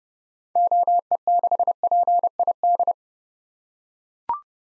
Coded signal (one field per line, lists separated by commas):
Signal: Morse code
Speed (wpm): 30 wpm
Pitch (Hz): 700 Hz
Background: none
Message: OE6PID